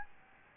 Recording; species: mosquito wingbeat signal from an infrared sensor; Aedes albopictus